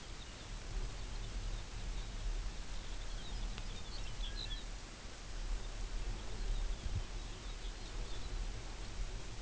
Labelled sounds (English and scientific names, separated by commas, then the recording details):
Lapland Longspur (Calcarius lapponicus), unidentified sound
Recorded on Arctic tundra, site UTQI-5, on 24 June 2018
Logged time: 12:00